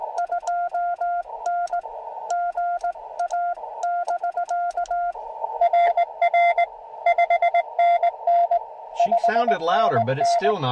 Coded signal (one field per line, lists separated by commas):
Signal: Morse code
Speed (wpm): 18 wpm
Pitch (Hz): 700 Hz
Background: speech, radio noise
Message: 2N GA <BK> RR 5NN 5NN